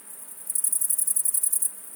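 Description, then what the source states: Great Green Bush-cricket song: a very high, rapid, jerky series of shrill rasping pulses, about a dozen in quick succession, starting and ending abruptly. Several individuals, first of the year, late afternoon 9 July 2018, Fourcinet, Drôme, France, ~700 m altitude, in Virginia creeper on a house near a torrent; one resumes singing; 20.4 °C.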